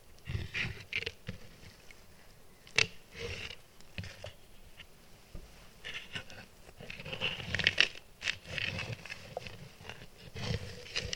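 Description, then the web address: Dog chewing and gnawing on a bone, with irregular crunches, scrapes and cracks, bursts of activity clustered near the start and again toward the end. Domestic dog chewing and stripping a bone. "Tom Hutchings Dog Chewing And Stripping Bone"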